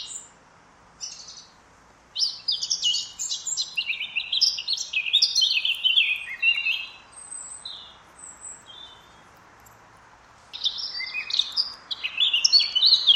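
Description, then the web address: Eurasian blackcap warbling in rapid, varied scratchy phrases, pausing briefly and starting again, over a soft background hiss. "cianscape birddata Deverinetal 2025"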